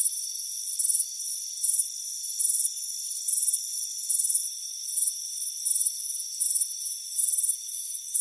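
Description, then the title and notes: Cricket chirping, piercing pulse groups recurring regularly against a steady high-pitched trill. Crickets chirping on a warm afternoon on a front porch. "Soothing Crickets Chirping Sound. It's a warm afternoon as you relax in a hammock on the front porch. Deep Sleep Sounds"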